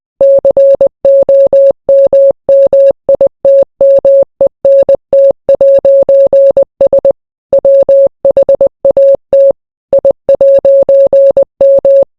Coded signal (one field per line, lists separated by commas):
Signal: Morse code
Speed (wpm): 20 wpm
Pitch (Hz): 550 Hz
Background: none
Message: COMMITMENT'S WHAT I'M